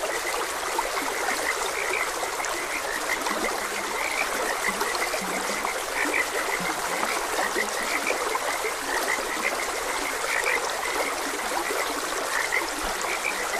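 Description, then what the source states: Frogs croaking in short repeated notes, some high and chirpy, others low and brief, over the steady rush of a trickling stream. Frogs croaking beside a gentle stream.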